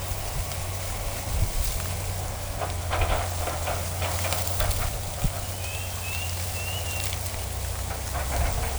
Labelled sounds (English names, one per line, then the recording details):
none
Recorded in forest near Pivijay, Magdalena, Colombia, on 1 June 2023 at 13:00
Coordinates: 10.467, -74.380
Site Z5-G034